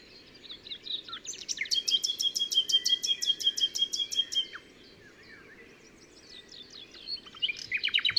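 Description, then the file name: Common nightingale song with a long, fast series of clicking repeated notes, a quiet pause, then another rapid burst of notes. "Luscinia megarhynchos"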